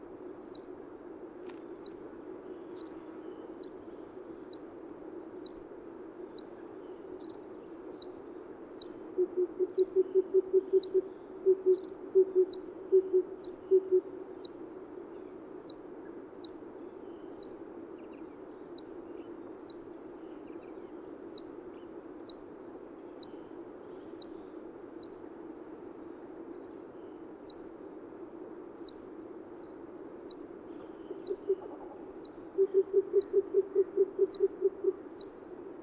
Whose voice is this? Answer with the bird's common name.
Yellow-browed Warbler